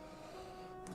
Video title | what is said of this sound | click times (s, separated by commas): 🟣 Building the MOST POWERFUL Gaming PC I've Ever Built! | there we go it's locked into place now when we lay it | 0.9 s